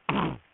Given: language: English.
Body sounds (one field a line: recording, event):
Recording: throat vibration sensor signal played as sound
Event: throat clearing